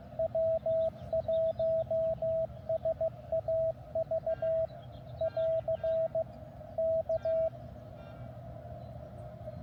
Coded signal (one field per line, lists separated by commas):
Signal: Morse code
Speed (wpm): 15 wpm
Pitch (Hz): 650 Hz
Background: radio noise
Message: W1SAV <AR> K